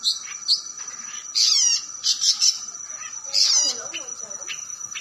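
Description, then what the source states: Long-tailed shrike singing a varied mix of harsh squawks, quick chirps and short trills in bursts, over a steady high-pitched whine. Combination song style (kombinasi).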